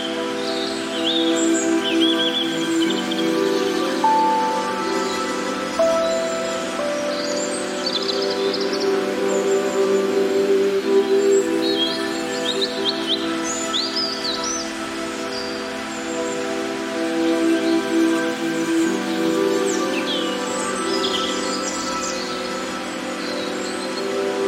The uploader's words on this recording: A Soothing Soundscape of Meditative Music and Natural Sounds.